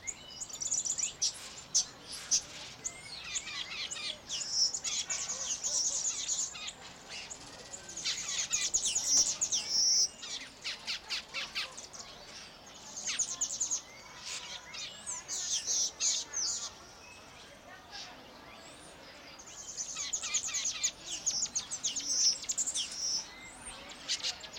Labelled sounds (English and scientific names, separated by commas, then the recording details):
Southern Red Bishop (Euplectes orix)
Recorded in captivity
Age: adult
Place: Zoo Berlin, Berlin, DE
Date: 1992-08-22 11:10
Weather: heiter, 17-20°C
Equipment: Marantz CP 430, Sennheiser ME 80, Kopie Tesla B 116
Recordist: Tembrock, Günter
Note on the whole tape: Gesang, nicht gesehen, Abstand ca. 2 m